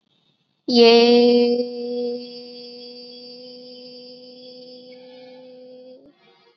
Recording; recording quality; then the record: sustained vowel as in made; excellent, no background noise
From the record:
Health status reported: COVID-19 positive, mild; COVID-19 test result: positive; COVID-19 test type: rapid antigen test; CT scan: not taken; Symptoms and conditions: cough, sore throat, fever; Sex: female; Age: 18 years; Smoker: no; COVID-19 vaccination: none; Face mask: worn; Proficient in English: yes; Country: India